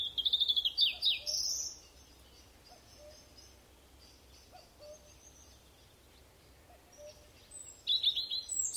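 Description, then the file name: European robin giving a brief high trilling phrase, a long near-silent pause with faint low notes, then another short high burst. "Erithacus rubecula"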